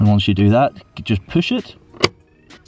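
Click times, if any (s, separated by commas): 2.0 s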